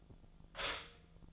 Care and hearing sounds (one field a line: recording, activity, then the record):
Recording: daily activity, microphone in the room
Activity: stop toaster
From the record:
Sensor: 5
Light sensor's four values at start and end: 89/235/96/101 and 89/235/96/101